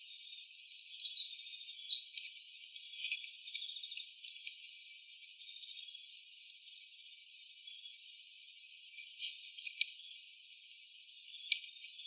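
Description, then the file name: Northern parula song: a single rising, buzzy trill lasting about a second and a half. Recorded on 27 May 2012. "NOPA Ison"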